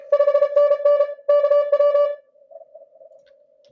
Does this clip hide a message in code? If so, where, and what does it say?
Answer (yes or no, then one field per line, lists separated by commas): yes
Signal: Morse code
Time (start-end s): 0.1-2.1 s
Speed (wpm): 32 wpm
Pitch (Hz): 580 Hz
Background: none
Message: 5NN KW